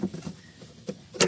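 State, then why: Seated. A drain part is forced into a washing machine drain assembly, with low rubbing and pushing sounds and a smaller knock at 0.9 s. It snaps into place with a loud, sharp hit at 1.2 s, seating the part.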